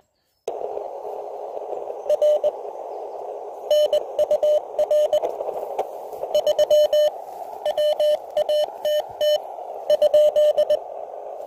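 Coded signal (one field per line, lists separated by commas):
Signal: Morse code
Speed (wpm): 21 wpm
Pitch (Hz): 600 Hz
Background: radio noise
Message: R NUR 3 WATT ?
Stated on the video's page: Hiking portable operation with a (tr)uSDX transceiver and an EFHW antenna.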